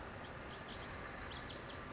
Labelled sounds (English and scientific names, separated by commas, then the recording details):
Lazuli Bunting (Passerina amoena)
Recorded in Sonoma County, California